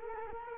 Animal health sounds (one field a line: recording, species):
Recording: mosquito wingbeat signal from an infrared sensor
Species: Culex quinquefasciatus